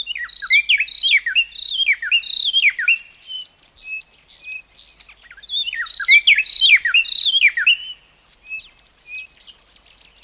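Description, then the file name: Bird giving rapid, high chirping and twittering notes in two bursts, each about three seconds long with short downward slurs, followed by quieter scattered chirps. "bbc bird"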